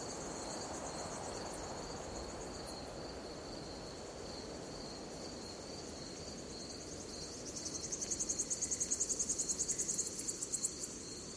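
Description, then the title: Cicada call: a steady high buzzing drone throughout, joined in the last few seconds by a fast pulsed trill. At night in a forest. "Звуки ночного леса. Звук цикад ночью в лесу"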